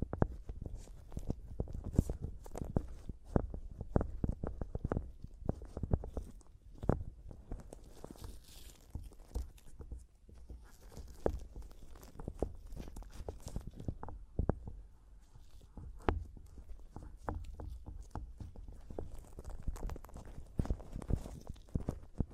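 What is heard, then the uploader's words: Tapping and scratching on a microphone, with a steady run of sharp knocks and thumps falling every fraction of a second for the whole stretch. The hits are heavy in the low end, with brief rustling scrapes between them and a few brighter clicks. ASMR Mic Tapping and Scratching (No Talking).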